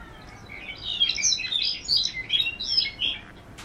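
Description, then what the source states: Lapland Longspur song: a rapid jangling tumble of tinkling, slightly grating high notes, rising and falling in quick bursts for about two seconds. Males sing during a parachute display flight over their territory, flying high then floating slowly down on spread wings; the song is likened to a rusty bike chain.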